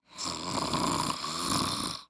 Female snoring.